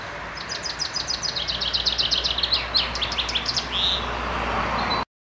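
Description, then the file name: Common chaffinch song: a fast series of bright chipping notes falling slightly in pitch and ending in a flourish, over a steady low hum. "Buchfink"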